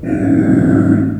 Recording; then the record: squeal of a Yucatan mini pig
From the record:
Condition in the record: after surgery on the right vocal fold (resection and tissue-engineered implant); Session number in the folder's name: 3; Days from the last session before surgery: 21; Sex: female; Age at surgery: 19 weeks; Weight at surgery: 25 kg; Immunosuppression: prednisolone